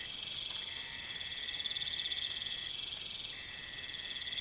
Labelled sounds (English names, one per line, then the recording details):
none
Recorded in pastures near Puerto Asís, Putumayo, Colombia, on 20 December 2024 at 01:00
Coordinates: 0.472, -76.329
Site G072